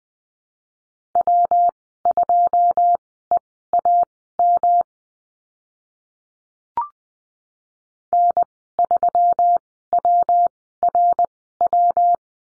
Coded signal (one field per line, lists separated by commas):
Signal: Morse code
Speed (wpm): 20 wpm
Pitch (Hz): 700 Hz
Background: none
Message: W2EAM N3WRW